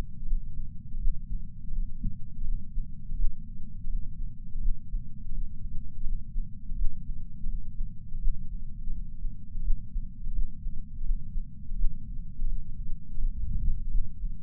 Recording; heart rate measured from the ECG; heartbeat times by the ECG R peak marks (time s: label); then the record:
heart sounds by patch sensor on the chest; 84 bpm
0.26 s: heartbeat
0.99 s: heartbeat
1.71 s: heartbeat
2.44 s: heartbeat
3.16 s: heartbeat
3.87 s: heartbeat
4.60 s: heartbeat
5.32 s: heartbeat
6.04 s: heartbeat
6.76 s: heartbeat
7.47 s: heartbeat
8.19 s: heartbeat
8.90 s: heartbeat
9.62 s: heartbeat
10.34 s: heartbeat
11.04 s: heartbeat
11.76 s: heartbeat
12.47 s: heartbeat
13.18 s: heartbeat
13.90 s: heartbeat
From the record:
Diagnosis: coronary artery disease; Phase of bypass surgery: postoperative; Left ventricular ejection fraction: 59.9%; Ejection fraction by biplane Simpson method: 56%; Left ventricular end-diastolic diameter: 50 mm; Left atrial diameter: 38 mm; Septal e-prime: 8.6 cm/s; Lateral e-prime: 8.8 cm/s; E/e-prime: 7.7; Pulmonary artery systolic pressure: 23 mmHg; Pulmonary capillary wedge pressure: 16 mmHg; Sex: male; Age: 69 years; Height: 160 cm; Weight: 69 kg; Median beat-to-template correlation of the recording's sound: 0.74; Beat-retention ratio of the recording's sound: 0.99